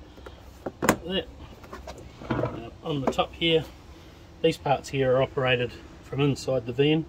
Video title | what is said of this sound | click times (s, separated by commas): 2022 Bailey Phoenix + 642 Induction Video | down just make sure it clicks back in behind those three tabs like | 0.9 s